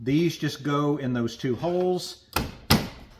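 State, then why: Seated. Someone talks while a retaining clip is pushed into the two holes of a motor's quick-release plate set onto the puck on the bow mount of a Nucanoe Unlimited fishing kayak. A sharp knock at 2.4 s is followed by a louder click at 2.7 s as the clip seats. The plate is locked in place and holds when the boat is lifted by it.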